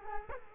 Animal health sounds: mosquito wingbeat signal from an infrared sensor; Culex quinquefasciatus

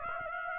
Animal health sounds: mosquito wingbeat signal from an infrared sensor; Aedes aegypti

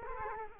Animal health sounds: mosquito wingbeat signal from an infrared sensor; Culex quinquefasciatus

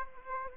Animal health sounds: mosquito wingbeat signal from an infrared sensor; Anopheles gambiae

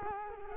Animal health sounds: mosquito wingbeat signal from an infrared sensor; Culex quinquefasciatus

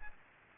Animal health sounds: mosquito wingbeat signal from an infrared sensor; Aedes aegypti

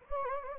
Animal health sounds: mosquito wingbeat signal from an infrared sensor; Anopheles gambiae

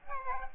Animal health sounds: mosquito wingbeat signal from an infrared sensor; Aedes aegypti

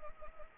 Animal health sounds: mosquito wingbeat signal from an infrared sensor; Anopheles arabiensis

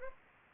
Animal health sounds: mosquito wingbeat signal from an infrared sensor; Anopheles arabiensis

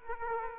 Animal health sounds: mosquito wingbeat signal from an infrared sensor; Aedes aegypti

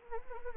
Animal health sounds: mosquito wingbeat signal from an infrared sensor; Anopheles arabiensis

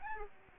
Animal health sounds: mosquito wingbeat signal from an infrared sensor; Aedes albopictus

